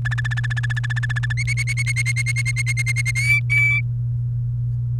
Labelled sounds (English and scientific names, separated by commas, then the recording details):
Domestic Canary (Serinus canaria) song
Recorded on 28 April 2018 at 13:44
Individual llb3